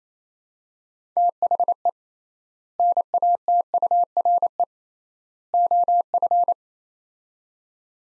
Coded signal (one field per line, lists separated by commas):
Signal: Morse code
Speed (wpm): 28 wpm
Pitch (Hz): 700 Hz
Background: none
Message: THE NATURE OF